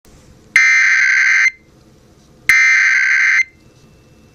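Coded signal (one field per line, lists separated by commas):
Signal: Emergency Alert System (SAME) tones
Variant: header bursts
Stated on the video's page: Child abduction emergency alert received on 99.1 FM.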